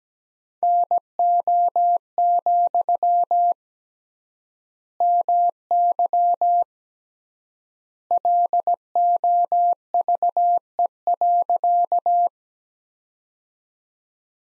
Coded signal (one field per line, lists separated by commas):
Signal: Morse code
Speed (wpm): 17 wpm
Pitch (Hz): 700 Hz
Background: none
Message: NO, MY LOVE.